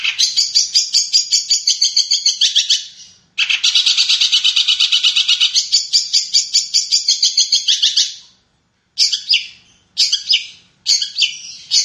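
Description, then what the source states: Long-tailed shrike delivering fast, buzzy, chattering phrases in long unbroken runs, followed by a few short separate bursts near the end. Combination song style.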